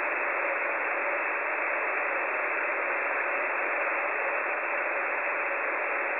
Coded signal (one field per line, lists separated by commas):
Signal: FT8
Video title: Monitoring 6 meter